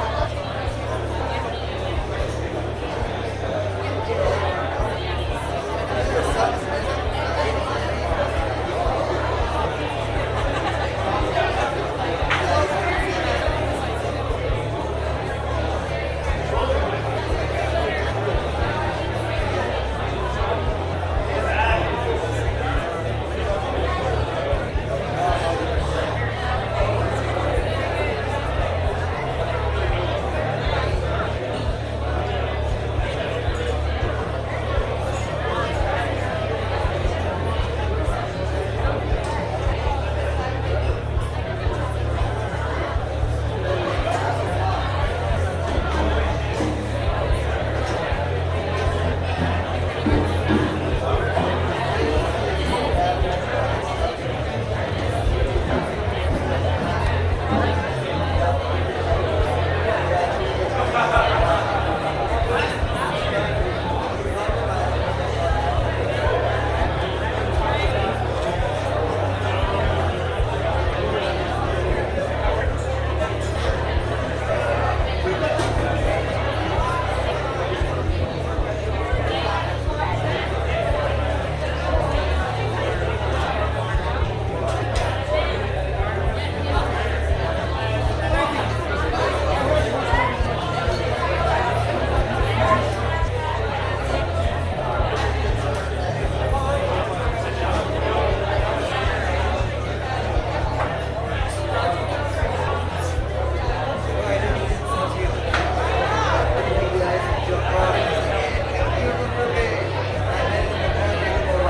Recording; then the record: background sound without coughing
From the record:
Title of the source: CITY SOUNDS Busy Bar in the Evening Night - 2 HOURS of Ambiance for Relaxation